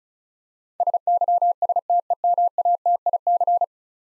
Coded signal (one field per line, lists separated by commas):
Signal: Morse code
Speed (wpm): 36 wpm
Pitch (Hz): 700 Hz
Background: none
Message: SYSTEMATIC